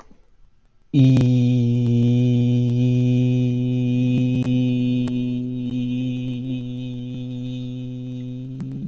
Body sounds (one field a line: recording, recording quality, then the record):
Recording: sustained vowel as in beet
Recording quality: excellent, no background noise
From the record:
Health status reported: healthy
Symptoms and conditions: none ticked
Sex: male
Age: 24 years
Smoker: not ticked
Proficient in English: yes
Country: United States